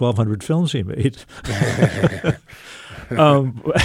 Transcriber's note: laughter